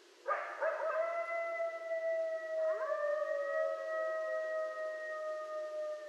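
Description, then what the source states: Coyote howls, long steady tones that hold level and slowly fall, with a second howl joining partway through. Coyotes calling at night, 12 November 2012.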